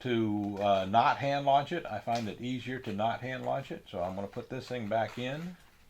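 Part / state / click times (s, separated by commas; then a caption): landing gear into micro RC aircraft fuselage / not seated / none. Someone talks while handling the plastic landing gear, getting ready to put it back into the foam fuselage of a micro RC plane because it is easier not to hand launch the plane. Only speech is heard, and the landing gear has not snapped or seated in the fuselage yet.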